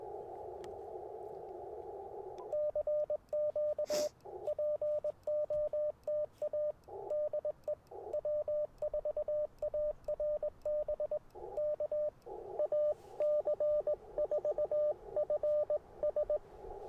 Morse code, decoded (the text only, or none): CQ POTA DE W4ARB K AC4FS